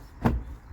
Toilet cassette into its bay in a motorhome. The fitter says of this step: Push it till it clicks.